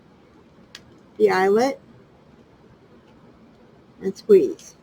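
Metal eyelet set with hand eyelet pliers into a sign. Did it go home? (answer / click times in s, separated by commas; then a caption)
no / none. Crocodile-style eyelet setting pliers are squeezed on a metal eyelet placed in a hole in sign material, to set the eyelet into the sign. A brief sharp tick is heard at 0.8 s, and someone talks around 1.2–1.8 s and again near 4.0–4.7 s over a quiet background. The eyelet has not seated or clicked yet.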